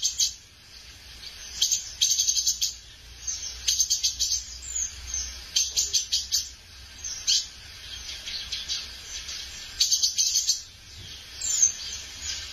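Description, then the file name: Tanager singing thin, sibilant, high chirps in short clustered bursts separated by brief pauses. "canto da saira pintor"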